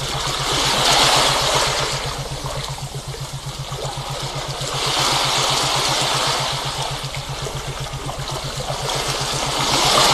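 Seawater washes in a steady hiss that swells and recedes in slow surges, peaking around the first second, mid-clip and the end. Beneath it runs a low, fast, evenly throbbing hum, like a pulsing tone that never changes.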